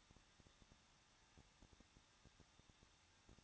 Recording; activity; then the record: daily activity, microphone in the room; no activity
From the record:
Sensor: 3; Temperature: 21.2 degrees Celsius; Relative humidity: 36.2%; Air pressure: 1006.4 hPa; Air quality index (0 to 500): 221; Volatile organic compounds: 40 ppm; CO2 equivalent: 3145 ppm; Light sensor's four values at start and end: 2/3/2/2 and 2/3/2/2